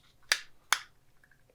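A plastic internal component of an EGO string trimmer head is pushed into its housing, giving two sharp clicks at 0.3 s and 0.7 s. A few faint ticks follow, and the part ends up seated.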